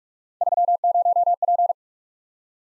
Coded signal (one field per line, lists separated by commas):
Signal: Morse code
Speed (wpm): 44 wpm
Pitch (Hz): 700 Hz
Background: none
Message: 30P